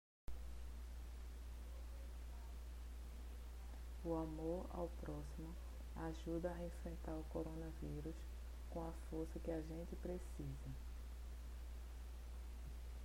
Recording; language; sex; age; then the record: spoken sentence; Brazilian Portuguese; female; 50 to 59 years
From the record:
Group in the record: control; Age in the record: 56 years